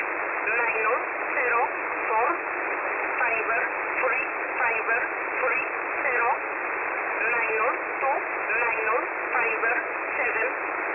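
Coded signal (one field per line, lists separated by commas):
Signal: numbers station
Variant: E11a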